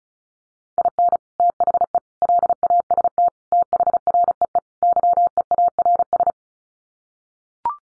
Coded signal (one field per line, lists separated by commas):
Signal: Morse code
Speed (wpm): 34 wpm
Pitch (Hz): 700 Hz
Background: none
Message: IN THE LAST THREE YEARS